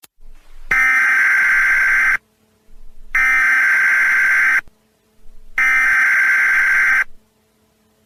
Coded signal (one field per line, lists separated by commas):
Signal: Emergency Alert System (SAME) tones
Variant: header bursts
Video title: Marvel EAS Scenario EP. 5: Hulk Rampage